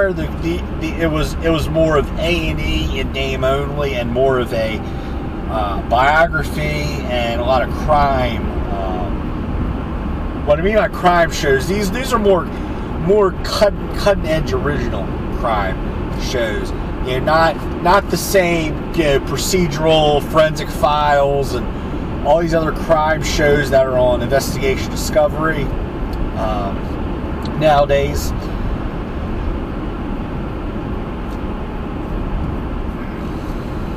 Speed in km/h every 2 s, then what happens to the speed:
85, 81, 81, 79, 89, 87, 89, 89, 89, 89, 89, 89, 90, 89, 89, 87, 85.
0-6 slows to 79. 6-34 speeds up to 85.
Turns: none.